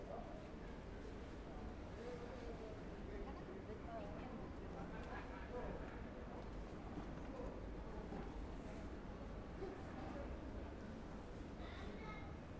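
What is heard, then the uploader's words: Voices murmur and chat steadily at an outdoor flower market, over a constant low rumble of city traffic with occasional brighter clinks. The Adderley Street flower market is the oldest flower market in Cape Town – a large covered alley. This recording captures the market’s morning soundscape. A customer buying freesias. Recorded by Catherine Boulle.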